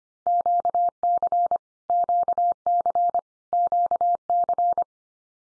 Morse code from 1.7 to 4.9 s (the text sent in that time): QC QC